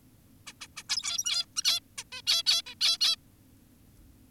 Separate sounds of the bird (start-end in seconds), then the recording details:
0.47-0.53, 0.61-0.67, 0.77-0.83, 0.89-1.46, 1.56-1.62, 1.64-1.80, 1.98-2.04, 2.12-2.22, 2.27-2.43, 2.46-2.62, 2.66-2.75, 2.81-2.97, 3.01-3.16. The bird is an adult. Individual g17y2U